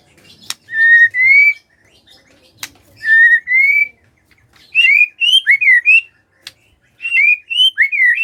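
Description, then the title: White-rumped shama: clear whistled notes, each sliding upward, given in short separate phrases that grow quicker and more looping near the end, with a few sharp clicks between them. Lure recording of shama song, played to prompt lazy or unwilling white-rumped shamas to start singing. "PANCINGAN MURAI BATU. SIULAN MURAI BATU❗ PANCINGAN MURAI MALAS AGAR BUNYI"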